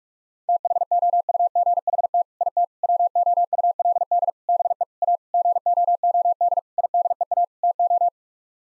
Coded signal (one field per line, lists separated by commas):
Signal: Morse code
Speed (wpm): 46 wpm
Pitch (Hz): 700 Hz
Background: none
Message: THOUGHT IT WOULD BE A GOOD IDEA TO